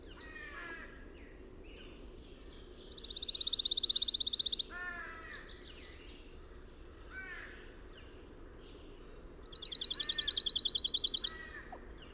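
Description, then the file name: Pine warbler delivers a quick, level trill twice, about six seconds apart, each lasting nearly two seconds; scattered chirps and nasal calls of other birds fill the gaps. Eleven songs, recorded 22 June 2001. "2001-06-22 Pine Warbler 11 Songs"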